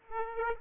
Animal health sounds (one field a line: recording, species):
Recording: mosquito wingbeat signal from an infrared sensor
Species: Aedes aegypti